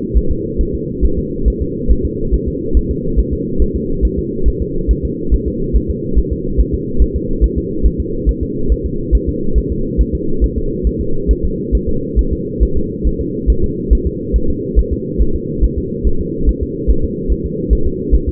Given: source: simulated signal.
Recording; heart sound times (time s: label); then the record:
fetal heart sounds
0.17 s: S1
0.31 s: S2
0.61 s: S1
0.75 s: S2
1.05 s: S1
1.19 s: S2
1.48 s: S1
1.62 s: S2
1.91 s: S1
2.05 s: S2
2.34 s: S1
2.48 s: S2
2.77 s: S1
2.91 s: S2
3.19 s: S1
3.33 s: S2
3.62 s: S1
3.76 s: S2
4.05 s: S1
4.19 s: S2
4.48 s: S1
4.62 s: S2
4.91 s: S1
5.05 s: S2
5.34 s: S1
5.48 s: S2
5.76 s: S1
5.90 s: S2
6.19 s: S1
6.33 s: S2
6.60 s: S1
6.74 s: S2
7.02 s: S1
7.16 s: S2
7.44 s: S1
7.58 s: S2
7.86 s: S1
8.00 s: S2
8.29 s: S1
8.43 s: S2
8.72 s: S1
8.86 s: S2
9.15 s: S1
9.29 s: S2
9.58 s: S1
9.72 s: S2
10.01 s: S1
10.15 s: S2
10.44 s: S1
10.58 s: S2
10.87 s: S1
11.01 s: S2
11.31 s: S1
11.45 s: S2
11.75 s: S1
11.89 s: S2
12.19 s: S1
12.33 s: S2
12.63 s: S1
12.77 s: S2
13.07 s: S1
13.21 s: S2
13.50 s: S1
13.64 s: S2
13.93 s: S1
14.07 s: S2
14.36 s: S1
14.50 s: S2
14.79 s: S1
14.93 s: S2
15.22 s: S1
15.36 s: S2
15.64 s: S1
15.78 s: S2
16.07 s: S1
16.21 s: S2
16.49 s: S1
16.63 s: S2
16.90 s: S1
17.04 s: S2
17.32 s: S1
17.46 s: S2
17.73 s: S1
17.87 s: S2
18.15 s: S1
18.29 s: S2
From the record:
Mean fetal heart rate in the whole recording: 140 bpm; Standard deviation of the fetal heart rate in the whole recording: 2 bpm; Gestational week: 34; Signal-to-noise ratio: -8.1 dB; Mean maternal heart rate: 72 bpm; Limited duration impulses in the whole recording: absent